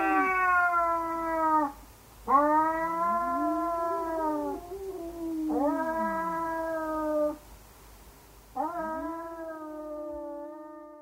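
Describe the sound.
Cat yowling in four long, wavering, harmonic-rich wails, some separated by short pauses.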